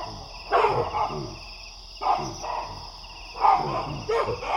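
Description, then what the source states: Baboons barking in alarm, several loud harsh barks at irregular intervals, with insects trilling steadily behind. Baboons roosting in a big tree at nightfall, sensing a distant predator and sounding the alarm; Wassadou, Niokolo Koba National Park, Eastern Senegal, West Africa; 13 November 2017.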